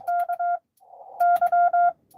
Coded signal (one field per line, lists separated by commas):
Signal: Morse code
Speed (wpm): 22 wpm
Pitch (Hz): 700 Hz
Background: none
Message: K Y